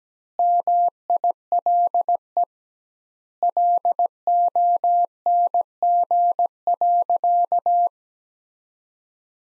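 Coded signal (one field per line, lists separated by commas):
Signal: Morse code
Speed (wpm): 17 wpm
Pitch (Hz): 700 Hz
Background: none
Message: MILE LONG.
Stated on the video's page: Morse practice of sentences from the top 500 words at 17 wpm, sent with twice standard word spacing, a word-based analogue of Farnsworth spacing.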